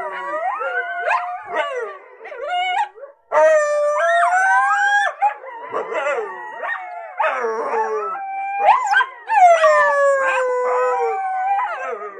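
Coyote group vocalizing: overlapping wavering howls and high yips, with sharp barking yelps scattered through a dense, continuous chorus and a brief pause near the start.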